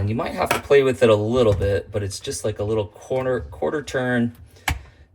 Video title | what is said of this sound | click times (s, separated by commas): Dishwasher Soap Not Dissolving! Top three reasons dishwasher is not cleaning working correctly. ￼ | and then can you hear that snap here I'll do it again | 4.7 s